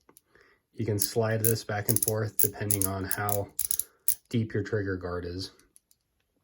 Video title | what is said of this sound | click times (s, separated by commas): Olight PL-mini 2 Valkyrie - Best CCW Light 2021 | and it's actually fully adjustable so if you unlock it | 0.1 s, 0.2 s